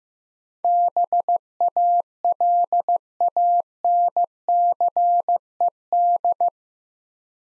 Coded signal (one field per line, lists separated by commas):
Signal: Morse code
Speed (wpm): 15 wpm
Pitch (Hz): 700 Hz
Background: none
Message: BALANCED